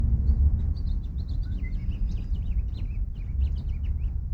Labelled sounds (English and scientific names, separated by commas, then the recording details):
House Finch (Haemorhous mexicanus) song
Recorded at Hewlett on Long Island, New York, on 10 June 1975
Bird A